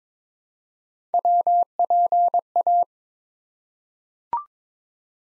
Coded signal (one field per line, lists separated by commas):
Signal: Morse code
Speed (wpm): 22 wpm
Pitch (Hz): 700 Hz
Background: none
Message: WPA